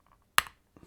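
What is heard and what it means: The second plastic bogie retaining clip on a model locomotive body is released while tension is kept on it so it does not click back on. After a few faint ticks, a loud, sharp snap at 0.4 s marks the clip popping open, followed by a couple of quiet handling sounds.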